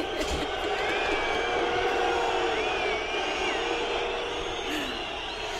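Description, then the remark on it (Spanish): An audience booing, a dense and steady roar of many voices that stays loud throughout, with a few higher shouts rising above the mass of sound. “Interpreto que esto es un abucheo.”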